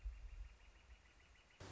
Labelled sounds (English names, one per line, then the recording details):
Northern Flicker
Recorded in Sonoma County, California